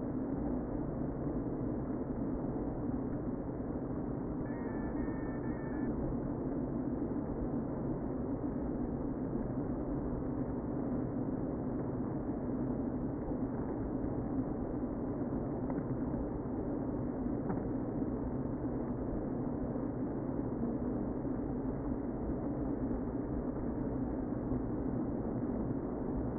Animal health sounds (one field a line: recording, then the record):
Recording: honeybee colony, microphone inside the hive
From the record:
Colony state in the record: queen present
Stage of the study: before two queens were removed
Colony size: about 60,000 bees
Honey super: yes